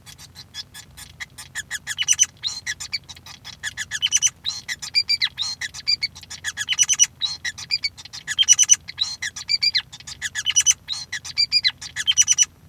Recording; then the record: song of a male Bengalese finch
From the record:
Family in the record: son of father 5